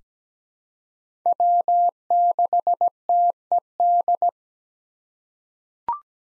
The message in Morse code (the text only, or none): W6TED